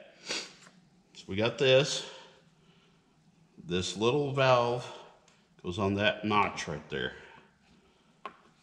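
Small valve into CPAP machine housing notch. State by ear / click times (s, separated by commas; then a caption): seated / 8.3 s. During reassembly of a recalled Panasonic Dream Station CPAP machine being rebuilt into an air filter, a small plastic valve is pressed onto its notch in the housing. Someone talks, then the valve pops into place with one short snap at 8.3 s, seated.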